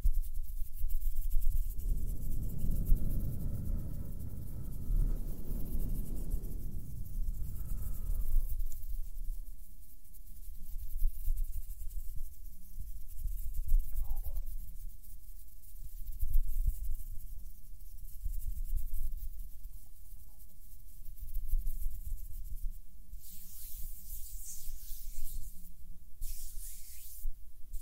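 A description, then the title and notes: Hands rub and brush against each other, with a heavy, dense rubbing stretch over the first eight seconds. After that the movements turn soft and low, a quiet shuffling texture, until a few brief, bright scraping swipes near the end. HAND SOUNDS + SOFT HAND MOVEMENS.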